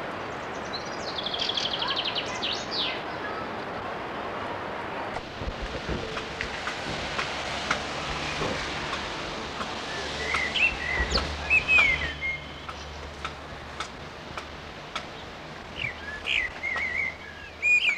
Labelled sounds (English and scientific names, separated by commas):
Common Blackbird (Turdus merula) song